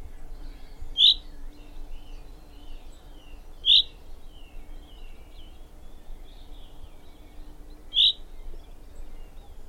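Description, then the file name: Common chaffinch giving three clipped, metallic call notes, the second about three seconds after the first and the third about four seconds later, with faint twittering from other birds and a low hum underneath. "Fringilla coelebs"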